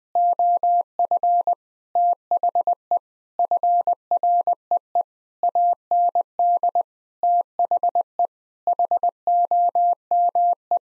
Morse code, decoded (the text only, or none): OF THE FREE AND THE HOME